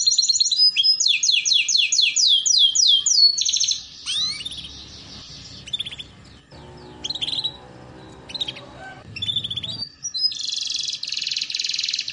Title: Canto Para Esquentar Canário Belga. Terapi Pancingan Suara Kenari Gacor || Masteran Kenari Paud Belajar Bunyi